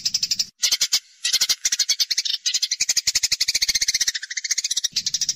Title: Burung Gereja Gacor Nyecret Rapat !!! Masteran Burung Murai Batu Medan, Cucak Ijo Dll.